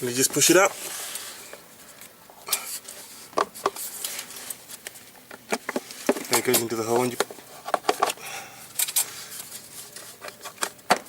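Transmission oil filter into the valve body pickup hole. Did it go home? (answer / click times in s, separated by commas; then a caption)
yes / 10.9 s. Someone talks while pushing a new automatic-transmission oil filter up into its pickup hole in the valve body of a VE Commodore's 4-speed 4L60E transmission during a service, with several short metallic knocks and clicks along the way. A sharp click at 10.9 s marks the filter fully seated in its bore.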